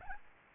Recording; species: mosquito wingbeat signal from an infrared sensor; Aedes albopictus